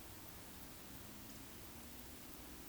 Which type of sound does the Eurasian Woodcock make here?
whistle